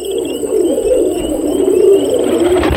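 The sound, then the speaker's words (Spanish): At night, crickets trill in a steady, high-pitched drone while jurucucú birds give low, hollow cooing calls underneath, both continuous and fairly loud throughout, with no voices. “Cantan los grillos y los jurucucus.”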